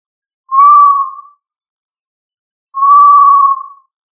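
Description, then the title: Tinamou calling with two long, steady, clear whistles at an even pitch, separated by a pause of about one and a half seconds. "Familia Tinamidae - Quail - Puyuh"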